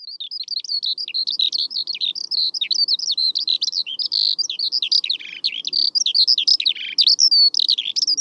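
Eurasian Skylark song, a fast, continuous stream of high chirps, trills and slurred notes running throughout.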